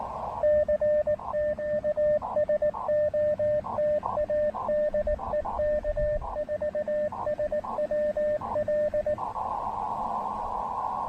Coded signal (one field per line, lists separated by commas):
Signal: Morse code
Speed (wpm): 17 wpm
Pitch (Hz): 600 Hz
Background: radio noise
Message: C TU SOTA DE K4SWL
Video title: SOTA Plan B! An aborted activation followed by an amazing (although gusty) alternative!